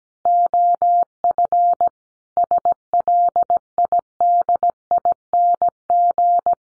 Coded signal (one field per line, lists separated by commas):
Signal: Morse code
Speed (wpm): 17 wpm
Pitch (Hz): 700 Hz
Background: none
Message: OF SLIDING